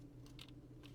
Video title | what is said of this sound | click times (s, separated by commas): Agora Models 007 Aston Martin DB5 from James Bond No Time To Die 1:8 scale diecast pack 7 build | there we go H nice positive click ooh very nice okay good | 0.4 s